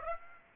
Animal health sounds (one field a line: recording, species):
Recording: mosquito wingbeat signal from an infrared sensor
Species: Aedes aegypti